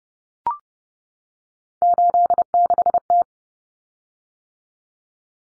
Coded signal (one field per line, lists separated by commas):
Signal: Morse code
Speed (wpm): 30 wpm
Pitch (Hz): 700 Hz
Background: none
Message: 86T